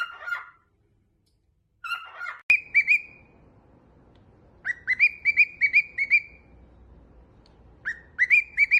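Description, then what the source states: Cockatiel whistles: rough chattering notes at first, then clear high whistled notes repeated in quick runs over a low background hum. Several cockatiels singing and whistling.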